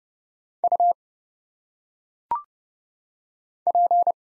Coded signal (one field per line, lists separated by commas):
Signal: Morse code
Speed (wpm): 31 wpm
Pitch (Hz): 700 Hz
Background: none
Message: U P